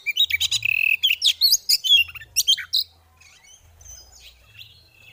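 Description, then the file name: Oriental magpie-robin: rapid, scratchy chattering from an Oriental magpie-robin mixed with shrill squeaks for nearly three seconds, fading into faint twitters and a low hum. Female bird; 'ngeriwik' and 'ngeplong' calling styles; bird therapy audio. "Terapi Suara Burung Kacer Betina Ngeriwik Ngeplong"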